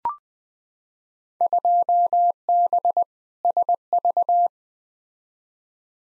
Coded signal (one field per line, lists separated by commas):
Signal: Morse code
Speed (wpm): 20 wpm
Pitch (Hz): 700 Hz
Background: none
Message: 2B SV